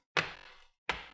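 Pressing down on the sides of the ASUS G750 laptop's plastic top case (keyboard deck), after the keyboard, backlight and trackpad cables are reconnected, snaps its clips into the laptop base. Two loud, sharp snaps are heard at 0.2 s and 0.9 s, each ringing out briefly. The top case is seated.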